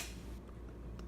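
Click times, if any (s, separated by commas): 1.0 s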